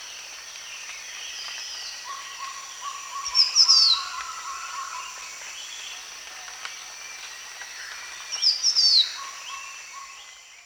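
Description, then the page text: Green Iora calls: two high, quick falling whistles about five seconds apart, with soft lower bird notes and a constant insect drone behind. Recorded at Danum, Borneo, on 1 January 2008. "Sound of Green Iora at Danum by EDWARDS, David"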